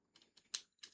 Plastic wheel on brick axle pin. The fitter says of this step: I always love to hear that that little click.